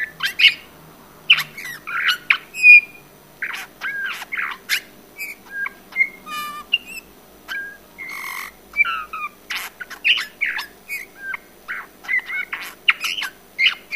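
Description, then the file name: Eurasian bullfinch calls: sustained chatter of sharp squeaks, short whistles and creaky notes, closely spaced and irregular over fourteen seconds. "Pyrrhula pyrrhula"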